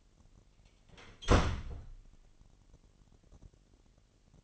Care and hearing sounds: daily activity, microphone in the room; close door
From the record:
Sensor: 4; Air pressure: 999.2 hPa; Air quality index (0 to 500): 119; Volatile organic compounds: 2 ppm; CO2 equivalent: 1174 ppm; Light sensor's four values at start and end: 12/31/12/14 and 12/28/11/12

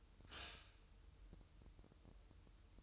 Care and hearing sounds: daily activity, microphone in the room; stop toaster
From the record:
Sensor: 2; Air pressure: 988.4 hPa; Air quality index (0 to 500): 191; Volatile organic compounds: 182 ppm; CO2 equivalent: 4151 ppm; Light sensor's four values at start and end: 20/68/27/25 and 20/68/27/25

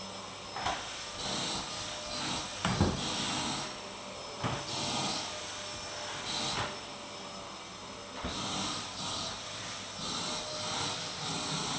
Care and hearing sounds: daily activity, microphone in the room; vacuum cleaning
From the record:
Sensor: 3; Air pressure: 1009.5 hPa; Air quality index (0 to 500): 196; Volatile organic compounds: 16 ppm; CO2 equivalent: 2548 ppm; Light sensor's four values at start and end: 36/88/38/40 and 35/88/38/40

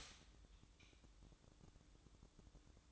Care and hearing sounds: daily activity, microphone in the room; stop toaster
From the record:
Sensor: 3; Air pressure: 1007.2 hPa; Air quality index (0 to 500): 54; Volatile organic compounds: 1 ppm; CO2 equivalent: 592 ppm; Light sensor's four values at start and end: 7/17/7/7 and 7/17/7/7

